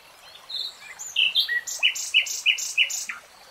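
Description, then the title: Nightingale singing a varied phrase of whistled notes that moves into a fast run of repeated, chunky notes. "[Tiếng chim hót] 3 Hours REALTIME Nightingale Singing"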